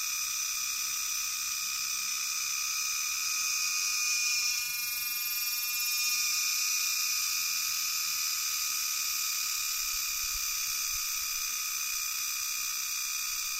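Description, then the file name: Cricket song, a shrill continuous high buzz holding steady throughout, swelling slightly in the middle, with no other clear sounds. Crickets referred to as circular-saw crickets. "Kreissaegen Grillen"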